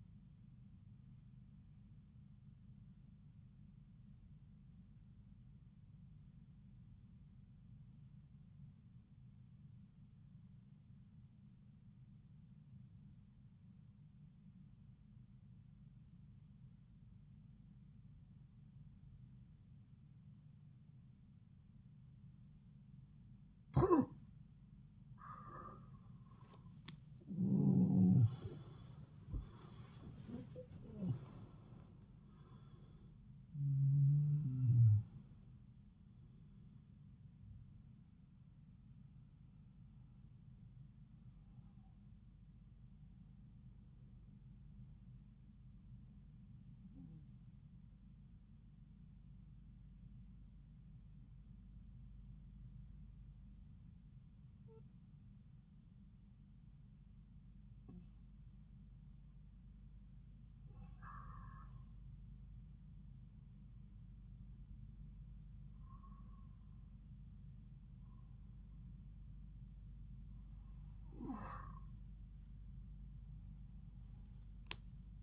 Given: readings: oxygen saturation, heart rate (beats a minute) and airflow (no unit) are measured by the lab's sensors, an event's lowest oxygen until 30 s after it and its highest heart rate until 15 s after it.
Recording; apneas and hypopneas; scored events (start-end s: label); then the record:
breathing in sleep by a smartphone at the bedside; 2
5.00-25.50 s: obstructive apnea (N2, oxygen 94% highest, then 85% lowest)
17.00-75.22 s: new sleep stage, N1 (lightest sleep)
41.00-64.00 s: hypopnea (N1, oxygen 97% highest, then 94% lowest)
From the record:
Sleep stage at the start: N2 (light sleep); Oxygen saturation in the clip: 85 to 97%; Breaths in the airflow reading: 10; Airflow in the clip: -10.7 to 12.8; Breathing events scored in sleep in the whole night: 270 in 6.1 hours asleep